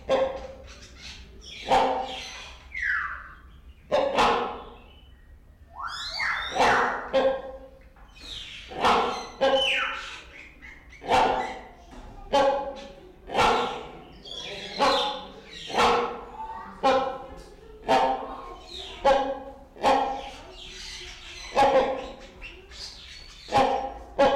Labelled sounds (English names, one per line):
Great Hornbill call